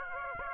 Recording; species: mosquito wingbeat signal from an infrared sensor; Aedes aegypti